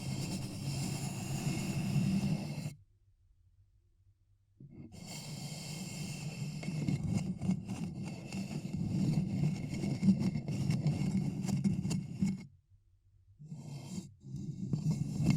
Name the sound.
Ear Cupping Triggers